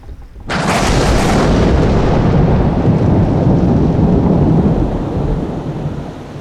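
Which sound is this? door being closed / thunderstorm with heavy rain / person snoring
thunderstorm with heavy rain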